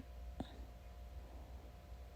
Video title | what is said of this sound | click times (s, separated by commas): How to build the Baby Starts Bouncer Flamingo! 🦩👶 #AmazonFinds #Baby #HowTo #BabyRegistry | You're going to want to hear a snap. | 0.4 s